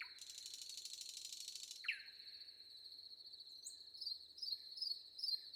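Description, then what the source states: Common nightingale song opening with a long dry buzzing rattle, a single swooping note, then faint high chirps, all over continuous cricket trilling. Recorded with crickets in the background.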